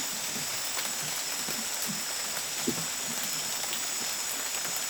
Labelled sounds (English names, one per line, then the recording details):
none
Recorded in dense forest near Puerto Asís, Putumayo, Colombia, on 29 June 2025 at 23:30
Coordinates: 0.484, -76.325
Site H65